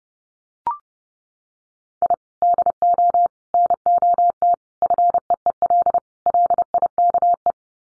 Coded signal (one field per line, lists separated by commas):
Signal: Morse code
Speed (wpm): 30 wpm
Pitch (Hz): 700 Hz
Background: none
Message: I DO NOT FEEL LIKE